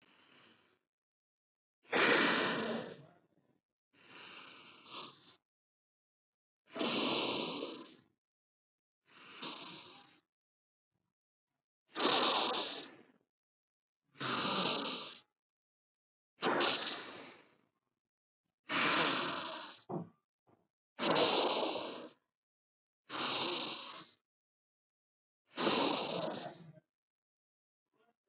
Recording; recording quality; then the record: deep breathing; excellent, no background noise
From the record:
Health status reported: respiratory illness, not identified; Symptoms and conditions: none ticked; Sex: male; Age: 30 years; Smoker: not ticked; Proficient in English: yes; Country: India